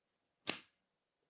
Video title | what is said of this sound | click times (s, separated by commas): INTRODUCTION TO SPELLBINDERS BETTERPRESS WITH LISA HORTON CRAFTS | And you can hear that's a real solid snap into place. | 0.5 s